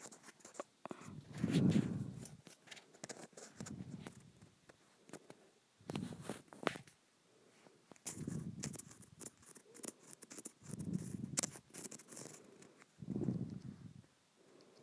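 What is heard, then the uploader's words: Someone scratches a textured plastic surface in short rasping strokes, each lasting about a second and coming roughly every two seconds. The strokes have a dull, low body with crisp ticking on top, and quiet pauses with faint clicks fall between them. ASMR Scratching a Textured Plastic.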